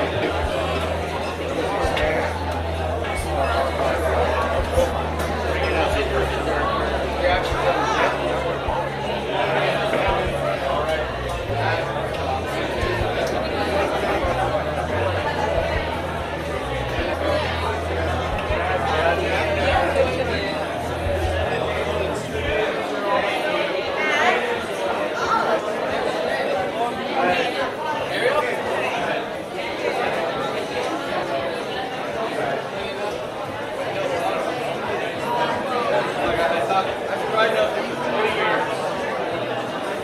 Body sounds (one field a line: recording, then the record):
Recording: background sound without coughing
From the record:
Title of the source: CITY SOUNDS Busy Bar in the Evening Night - 2 HOURS of Ambiance for Relaxation